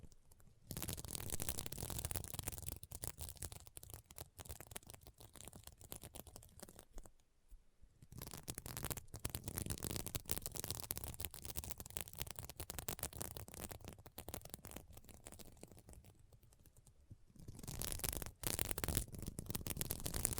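Fingers scratch across a sequin mermaid pillow in dense, rapid rasping strokes, pausing briefly near seven and seventeen seconds before resuming.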